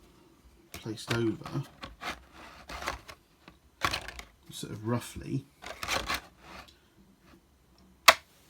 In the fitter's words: magnet snaps in place and then you can sort of it kind of hold it enough that you can move